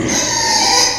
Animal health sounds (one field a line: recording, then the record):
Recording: squeal of a Yucatan mini pig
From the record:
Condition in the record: before surgery on the right vocal fold (resection and tissue-engineered implant)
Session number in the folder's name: 2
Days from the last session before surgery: 0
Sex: male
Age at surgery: 12 weeks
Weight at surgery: 13 kg